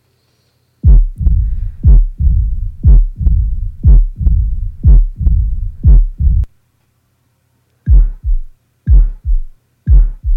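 Heartbeats of an adult heard by stethoscope, regular at about 60 a minute. Each has a sharp, snapping onset, and a low rumbling fills the gaps for the first six seconds. After a pause, three more crisp beats follow. These are heart sounds with an opening snap and clicks.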